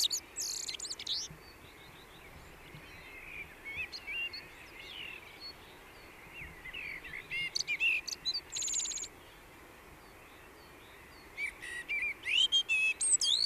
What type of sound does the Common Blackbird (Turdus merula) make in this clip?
song